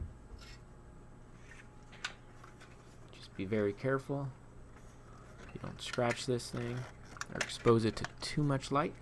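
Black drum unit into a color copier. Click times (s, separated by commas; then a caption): 2.0 s. A black drum unit is snapped into place in a Konica Bizhub C754e color copier, giving a sharp click at 2.1 s followed by a faint tick. Someone talks afterward, and the drum is seated.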